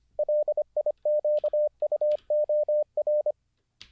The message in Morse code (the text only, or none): LIQUOR